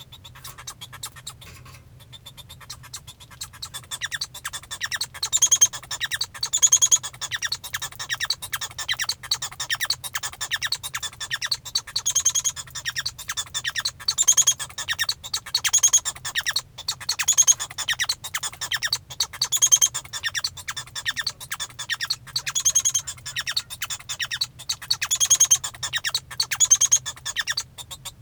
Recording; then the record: song of a male Bengalese finch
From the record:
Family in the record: son of father 1